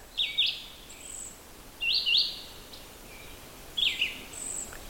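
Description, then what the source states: Red-eyed Vireo song: three short phrases separated by pauses, each slightly different, over steady background hiss. Several red-eyed vireos nearby on a morning; a series of notes with pauses between; phrases vary quite a bit, like questions and answers; some liken it to a robin.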